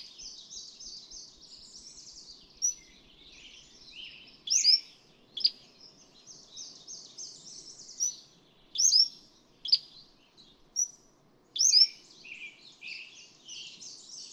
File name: Cordilleran Flycatcher